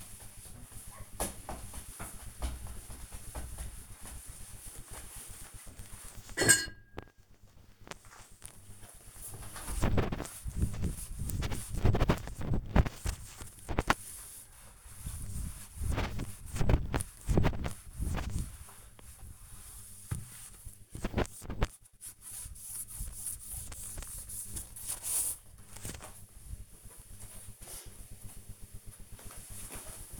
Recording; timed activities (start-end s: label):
household activities, microphone on the right wrist
0.00-26.40 s: window cleaning